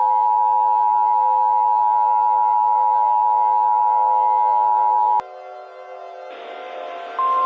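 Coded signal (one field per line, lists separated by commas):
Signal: Emergency Alert System (SAME) tones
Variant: 853 and 960 Hz attention tone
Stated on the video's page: Fictional mock EAS broadcast, a remake, which may or may not contain valid EAS tones.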